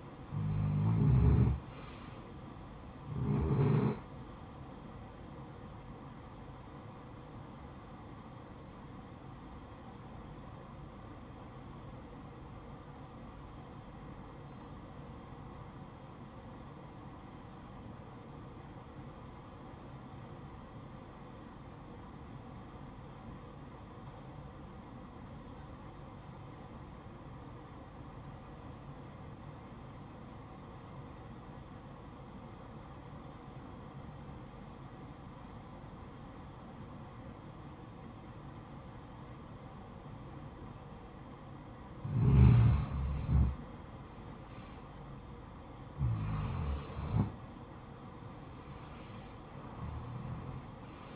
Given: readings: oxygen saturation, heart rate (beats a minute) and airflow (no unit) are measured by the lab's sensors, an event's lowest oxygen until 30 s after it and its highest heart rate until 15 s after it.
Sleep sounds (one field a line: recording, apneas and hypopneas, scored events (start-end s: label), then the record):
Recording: breathing in sleep by a smartphone at the bedside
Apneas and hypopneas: 1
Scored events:
10.00-42.50 s: obstructive apnea (REM, oxygen 94% highest, then 78% lowest, heart rate 64 at the start, 77 highest)
From the record:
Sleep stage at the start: REM sleep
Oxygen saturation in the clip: 76 to 94%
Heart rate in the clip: 45 to 78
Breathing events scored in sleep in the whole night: 573 in 9.8 hours asleep